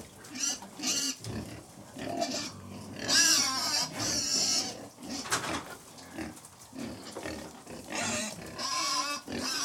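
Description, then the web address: Domestic pigs squealing and grunting in a dense, overlapping chorus, with shrill high squeals bursting out at irregular intervals amid constant snuffling and chewing noise. About 100 pigs feeding. "The BBC Sound Effects Library. Pigs Feeding"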